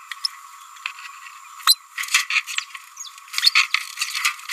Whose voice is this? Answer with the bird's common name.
Green-rumped Parrotlet